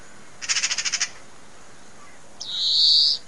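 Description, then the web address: Bird call: a quick trill of about eight high, clipped pulses, then a short pause and a sustained, buzzy high note that swells and ends abruptly. "Deverinetal 2025 File origin Bird Only"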